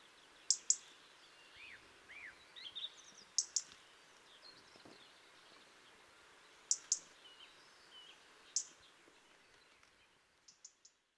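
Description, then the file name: European robin tick calls, sharp high clicks in pairs and singles, with faint soft chirps behind. "Erithacus rubecula"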